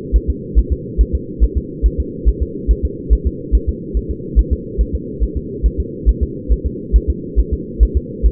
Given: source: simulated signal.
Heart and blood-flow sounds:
fetal heart sounds
0.16 s: S1
0.30 s: S2
0.59 s: S1
0.73 s: S2
1.01 s: S1
1.15 s: S2
1.44 s: S1
1.57 s: S2
1.86 s: S1
2.00 s: S2
2.29 s: S1
2.43 s: S2
2.71 s: S1
2.85 s: S2
3.13 s: S1
3.27 s: S2
3.55 s: S1
3.69 s: S2
3.97 s: S1
4.11 s: S2
4.39 s: S1
4.53 s: S2
4.81 s: S1
4.95 s: S2
5.23 s: S1
5.37 s: S2
5.66 s: S1
5.80 s: S2
6.09 s: S1
6.23 s: S2
6.52 s: S1
6.66 s: S2
6.96 s: S1
7.10 s: S2
7.39 s: S1
7.53 s: S2
7.83 s: S1
7.97 s: S2
8.26 s: S1
From the record:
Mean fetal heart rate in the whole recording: 140 bpm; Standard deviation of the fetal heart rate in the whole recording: 2 bpm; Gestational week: 34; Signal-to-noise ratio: -4.1 dB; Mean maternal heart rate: no maternal heart sound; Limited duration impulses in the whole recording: absent

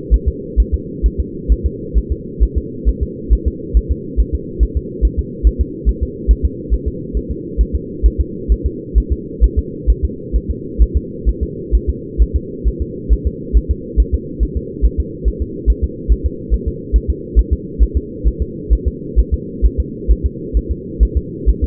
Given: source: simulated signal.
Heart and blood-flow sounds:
fetal heart sounds
0.14 s: S1
0.28 s: S2
0.60 s: S1
0.74 s: S2
1.06 s: S1
1.20 s: S2
1.52 s: S1
1.66 s: S2
1.98 s: S1
2.12 s: S2
2.43 s: S1
2.58 s: S2
2.89 s: S1
3.03 s: S2
3.33 s: S1
3.48 s: S2
3.77 s: S1
3.91 s: S2
4.20 s: S1
4.35 s: S2
4.63 s: S1
4.77 s: S2
5.05 s: S1
5.19 s: S2
5.47 s: S1
5.61 s: S2
5.89 s: S1
6.03 s: S2
6.31 s: S1
6.45 s: S2
6.74 s: S1
6.88 s: S2
7.17 s: S1
7.31 s: S2
7.61 s: S1
7.75 s: S2
8.06 s: S1
8.21 s: S2
8.52 s: S1
8.66 s: S2
8.98 s: S1
9.12 s: S2
9.44 s: S1
9.59 s: S2
9.90 s: S1
10.05 s: S2
10.36 s: S1
10.51 s: S2
10.82 s: S1
10.97 s: S2
11.29 s: S1
11.43 s: S2
11.75 s: S1
11.90 s: S2
12.22 s: S1
12.36 s: S2
12.68 s: S1
12.82 s: S2
13.13 s: S1
13.27 s: S2
13.57 s: S1
13.71 s: S2
14.00 s: S1
14.14 s: S2
14.43 s: S1
14.57 s: S2
14.85 s: S1
15.00 s: S2
15.28 s: S1
15.42 s: S2
15.70 s: S1
15.84 s: S2
16.12 s: S1
16.26 s: S2
16.54 s: S1
16.68 s: S2
16.96 s: S1
17.10 s: S2
17.39 s: S1
17.53 s: S2
17.83 s: S1
17.97 s: S2
18.27 s: S1
18.42 s: S2
18.73 s: S1
18.88 s: S2
19.20 s: S1
19.34 s: S2
19.66 s: S1
19.80 s: S2
20.11 s: S1
20.26 s: S2
20.57 s: S1
20.71 s: S2
21.03 s: S1
21.17 s: S2
21.49 s: S1
21.64 s: S2
From the record:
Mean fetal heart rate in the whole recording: 135 bpm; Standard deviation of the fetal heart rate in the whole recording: 3 bpm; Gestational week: 34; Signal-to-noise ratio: -4.1 dB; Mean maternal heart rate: no maternal heart sound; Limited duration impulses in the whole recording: absent

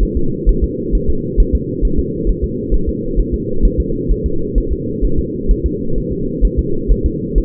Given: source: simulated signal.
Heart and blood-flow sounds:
fetal heart sounds
0.03 s: S1
0.17 s: S2
0.49 s: S1
0.64 s: S2
0.95 s: S1
1.09 s: S2
1.40 s: S1
1.55 s: S2
1.85 s: S1
1.99 s: S2
2.29 s: S1
2.44 s: S2
2.74 s: S1
2.89 s: S2
3.19 s: S1
3.34 s: S2
3.65 s: S1
3.80 s: S2
4.11 s: S1
4.26 s: S2
4.58 s: S1
4.72 s: S2
5.04 s: S1
5.19 s: S2
5.51 s: S1
5.66 s: S2
5.98 s: S1
6.12 s: S2
6.45 s: S1
6.59 s: S2
6.91 s: S1
7.06 s: S2
7.38 s: S1
From the record:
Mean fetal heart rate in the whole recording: 130 bpm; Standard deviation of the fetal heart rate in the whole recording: 2 bpm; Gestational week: 36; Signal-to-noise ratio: -8.1 dB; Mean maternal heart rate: 72 bpm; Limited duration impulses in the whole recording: absent

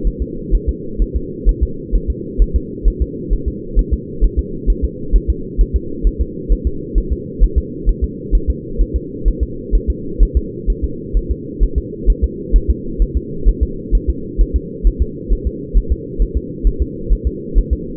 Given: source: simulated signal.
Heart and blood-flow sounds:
fetal heart sounds
0.07 s: S1
0.22 s: S2
0.55 s: S1
0.69 s: S2
1.02 s: S1
1.16 s: S2
1.49 s: S1
1.63 s: S2
1.95 s: S1
2.10 s: S2
2.42 s: S1
2.56 s: S2
2.88 s: S1
3.02 s: S2
3.33 s: S1
3.48 s: S2
3.79 s: S1
3.93 s: S2
4.25 s: S1
4.39 s: S2
4.70 s: S1
4.84 s: S2
5.16 s: S1
5.30 s: S2
5.61 s: S1
5.76 s: S2
6.07 s: S1
6.21 s: S2
6.52 s: S1
6.67 s: S2
6.98 s: S1
7.12 s: S2
7.44 s: S1
7.58 s: S2
7.89 s: S1
8.04 s: S2
8.35 s: S1
8.50 s: S2
8.81 s: S1
8.96 s: S2
9.28 s: S1
9.43 s: S2
9.75 s: S1
9.90 s: S2
10.23 s: S1
10.37 s: S2
10.70 s: S1
10.84 s: S2
11.17 s: S1
11.31 s: S2
11.63 s: S1
11.78 s: S2
12.10 s: S1
12.24 s: S2
12.56 s: S1
12.70 s: S2
13.02 s: S1
13.17 s: S2
13.49 s: S1
13.63 s: S2
13.95 s: S1
14.09 s: S2
14.41 s: S1
14.56 s: S2
14.87 s: S1
15.02 s: S2
15.33 s: S1
15.47 s: S2
15.77 s: S1
15.92 s: S2
16.22 s: S1
16.37 s: S2
16.67 s: S1
16.82 s: S2
17.13 s: S1
17.27 s: S2
17.58 s: S1
17.73 s: S2
From the record:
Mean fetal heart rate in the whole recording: 130 bpm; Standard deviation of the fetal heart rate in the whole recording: 2 bpm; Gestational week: 36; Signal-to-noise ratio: -4.3 dB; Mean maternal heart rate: 72 bpm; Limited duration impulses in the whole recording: absent

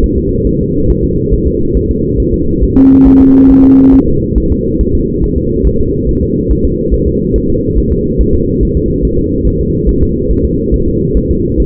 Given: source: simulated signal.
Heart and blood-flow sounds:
fetal heart sounds
0.04 s: S1
0.18 s: S2
0.47 s: S1
0.61 s: S2
0.90 s: S1
1.04 s: S2
1.33 s: S1
1.48 s: S2
1.77 s: S1
1.91 s: S2
2.20 s: S1
2.34 s: S2
2.63 s: S1
2.77 s: S2
3.07 s: S1
3.21 s: S2
3.51 s: S1
3.65 s: S2
3.94 s: S1
4.08 s: S2
4.38 s: S1
4.52 s: S2
4.81 s: S1
4.95 s: S2
5.24 s: S1
5.38 s: S2
5.67 s: S1
5.81 s: S2
6.09 s: S1
6.23 s: S2
6.51 s: S1
6.65 s: S2
6.94 s: S1
7.08 s: S2
7.36 s: S1
7.50 s: S2
7.78 s: S1
7.92 s: S2
8.21 s: S1
8.35 s: S2
8.63 s: S1
8.77 s: S2
9.05 s: S1
9.19 s: S2
9.47 s: S1
9.61 s: S2
9.89 s: S1
10.03 s: S2
10.31 s: S1
10.45 s: S2
10.74 s: S1
10.88 s: S2
11.17 s: S1
11.31 s: S2
11.60 s: S1
From the record:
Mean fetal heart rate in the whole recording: 140 bpm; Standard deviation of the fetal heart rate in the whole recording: 2 bpm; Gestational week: 34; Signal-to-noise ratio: -15.3 dB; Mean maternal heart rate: 72 bpm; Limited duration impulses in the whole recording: present

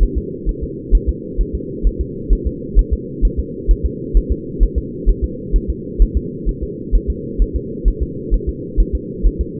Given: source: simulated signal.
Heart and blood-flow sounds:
fetal heart sounds
0.03 s: S1
0.18 s: S2
0.49 s: S1
0.63 s: S2
0.95 s: S1
1.09 s: S2
1.41 s: S1
1.55 s: S2
1.87 s: S1
2.01 s: S2
2.33 s: S1
2.47 s: S2
2.79 s: S1
2.93 s: S2
3.25 s: S1
3.39 s: S2
3.71 s: S1
3.86 s: S2
4.17 s: S1
4.32 s: S2
4.63 s: S1
4.78 s: S2
5.09 s: S1
5.24 s: S2
5.56 s: S1
5.70 s: S2
6.02 s: S1
6.17 s: S2
6.49 s: S1
6.63 s: S2
6.95 s: S1
7.10 s: S2
7.42 s: S1
7.56 s: S2
7.88 s: S1
8.03 s: S2
8.34 s: S1
8.49 s: S2
8.80 s: S1
8.95 s: S2
9.27 s: S1
9.41 s: S2
From the record:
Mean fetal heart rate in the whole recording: 130 bpm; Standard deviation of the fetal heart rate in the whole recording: 2 bpm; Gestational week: 36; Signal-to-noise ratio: -4.1 dB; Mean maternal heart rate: no maternal heart sound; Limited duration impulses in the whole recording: absent

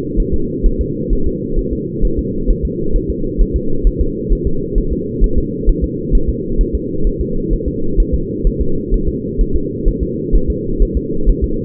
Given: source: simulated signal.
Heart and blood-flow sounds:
fetal heart sounds
0.20 s: S1
0.34 s: S2
0.66 s: S1
0.81 s: S2
1.13 s: S1
1.27 s: S2
1.59 s: S1
1.73 s: S2
2.05 s: S1
2.19 s: S2
2.50 s: S1
2.65 s: S2
2.96 s: S1
3.10 s: S2
3.41 s: S1
3.56 s: S2
3.87 s: S1
4.01 s: S2
4.33 s: S1
4.47 s: S2
4.78 s: S1
4.93 s: S2
5.24 s: S1
5.38 s: S2
5.69 s: S1
5.84 s: S2
6.15 s: S1
6.29 s: S2
6.61 s: S1
6.75 s: S2
7.07 s: S1
7.21 s: S2
7.53 s: S1
7.68 s: S2
8.00 s: S1
8.15 s: S2
8.47 s: S1
8.61 s: S2
8.94 s: S1
9.09 s: S2
9.41 s: S1
9.56 s: S2
9.88 s: S1
10.03 s: S2
10.35 s: S1
10.50 s: S2
10.83 s: S1
10.97 s: S2
11.30 s: S1
11.44 s: S2
From the record:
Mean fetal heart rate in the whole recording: 130 bpm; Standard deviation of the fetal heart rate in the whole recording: 2 bpm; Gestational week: 38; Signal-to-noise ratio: -8.1 dB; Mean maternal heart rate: 72 bpm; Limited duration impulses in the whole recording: absent

